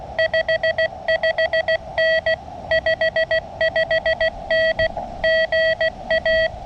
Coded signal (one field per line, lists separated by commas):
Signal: Morse code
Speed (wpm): 20 wpm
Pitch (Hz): 590 Hz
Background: none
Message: 55N 55N GA